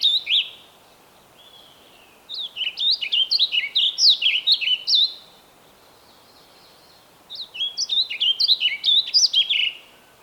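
Songbird: a brief opening note, then two lively phrases of fast, high, warbling chirps separated by a quiet gap.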